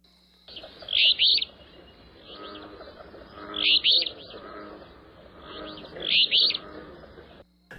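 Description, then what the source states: Alder flycatcher song, a short two-part phrase repeated three times about every two and a half seconds. Empidonax flycatcher with olive-brown upper parts, one of three look-alikes told apart by ear; song rendered as "phoebeer".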